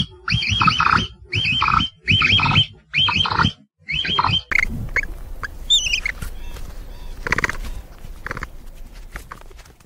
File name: capybara